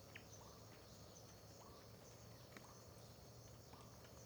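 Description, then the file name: Cricket chorus holds a steady high buzz while short rising whistled notes repeat several times, with a few clicks and low hum. Dawn ambience in Terra Ronca park near the road, with a nightjar (bacurau) and dripping water also present; AB stereo recording. "Ambiencia parque terra ronca perto da estrada amanhecer com bacurau, gotejar, grilos"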